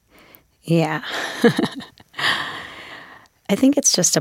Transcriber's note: laughter